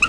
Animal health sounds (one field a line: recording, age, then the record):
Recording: pig call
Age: piglet (1 to 25 days)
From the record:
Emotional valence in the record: positive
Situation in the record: after nursing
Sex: male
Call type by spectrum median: high-frequency call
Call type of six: high-frequency stable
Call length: 0.09 s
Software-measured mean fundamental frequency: 244 Hz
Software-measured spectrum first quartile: 1359 Hz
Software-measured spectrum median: 2484 Hz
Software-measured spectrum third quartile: 2796 Hz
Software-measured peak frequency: 2555 Hz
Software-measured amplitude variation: 165 dB a second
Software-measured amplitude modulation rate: 5.3 a second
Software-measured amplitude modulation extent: 31.0 dB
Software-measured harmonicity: 10.4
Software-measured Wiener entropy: -2.46